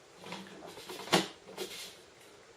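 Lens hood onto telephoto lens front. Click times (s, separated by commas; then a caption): 0.3 s. A lens hood is twisted onto the front of a Canon 100-400 L II telephoto zoom lens, with a short rustle of handling around it. A click at 0.3 s marks the hood locking into place, followed by more brief handling sounds. The hood ends up seated.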